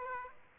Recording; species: mosquito wingbeat signal from an infrared sensor; Aedes aegypti